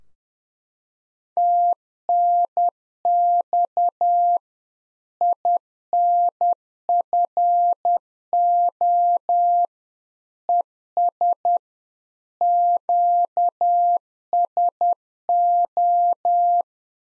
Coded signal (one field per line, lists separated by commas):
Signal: Morse code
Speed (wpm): 10 wpm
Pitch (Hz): 700 Hz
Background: none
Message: TNX INFO ES QSO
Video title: Practice QSO - Exchange 4- Ending - 10wpm